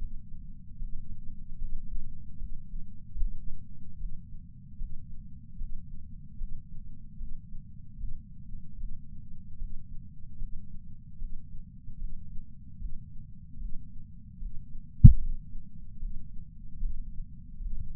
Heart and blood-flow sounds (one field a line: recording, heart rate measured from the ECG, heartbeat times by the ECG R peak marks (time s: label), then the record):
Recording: heart sounds by patch sensor on the chest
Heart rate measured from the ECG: 75 bpm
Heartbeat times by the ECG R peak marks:
0.77 s: heartbeat
1.57 s: heartbeat
2.37 s: heartbeat
3.16 s: heartbeat
3.96 s: heartbeat
4.76 s: heartbeat
5.56 s: heartbeat
6.36 s: heartbeat
7.16 s: heartbeat
7.96 s: heartbeat
8.76 s: heartbeat
9.57 s: heartbeat
10.37 s: heartbeat
11.17 s: heartbeat
11.97 s: heartbeat
12.77 s: heartbeat
13.57 s: heartbeat
14.38 s: heartbeat
15.05 s: heartbeat
15.98 s: heartbeat
16.78 s: heartbeat
17.58 s: heartbeat
From the record:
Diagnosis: coronary artery disease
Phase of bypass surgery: intraoperative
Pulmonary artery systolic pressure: 16 mmHg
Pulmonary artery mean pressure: 11 mmHg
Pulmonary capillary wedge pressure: 10 mmHg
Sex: female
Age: 58 years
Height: 155 cm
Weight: 55 kg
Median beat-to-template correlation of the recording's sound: 0.75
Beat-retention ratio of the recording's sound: 0.98